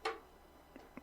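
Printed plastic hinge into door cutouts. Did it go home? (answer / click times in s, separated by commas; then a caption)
yes / 0.1 s. A glued 3D printed PLA hinge is lined up with the cutouts in a printed vault door and pushed in, snapping into place with a sharp, bright click at 0.1 s. Two fainter ticks follow at about 0.8 s and 1.0 s.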